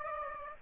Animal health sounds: mosquito wingbeat signal from an infrared sensor; Aedes aegypti

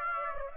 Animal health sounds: mosquito wingbeat signal from an infrared sensor; Aedes aegypti

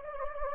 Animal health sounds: mosquito wingbeat signal from an infrared sensor; Anopheles gambiae

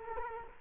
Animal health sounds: mosquito wingbeat signal from an infrared sensor; Culex quinquefasciatus

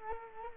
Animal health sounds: mosquito wingbeat signal from an infrared sensor; Culex quinquefasciatus

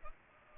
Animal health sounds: mosquito wingbeat signal from an infrared sensor; Culex pipiens

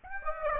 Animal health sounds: mosquito wingbeat signal from an infrared sensor; Aedes aegypti

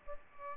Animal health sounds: mosquito wingbeat signal from an infrared sensor; Aedes albopictus

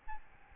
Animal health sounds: mosquito wingbeat signal from an infrared sensor; Aedes albopictus

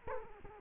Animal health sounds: mosquito wingbeat signal from an infrared sensor; Culex quinquefasciatus

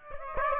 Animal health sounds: mosquito wingbeat signal from an infrared sensor; Aedes aegypti

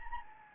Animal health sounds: mosquito wingbeat signal from an infrared sensor; Anopheles gambiae

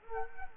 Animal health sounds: mosquito wingbeat signal from an infrared sensor; Culex quinquefasciatus

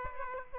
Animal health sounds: mosquito wingbeat signal from an infrared sensor; Aedes aegypti

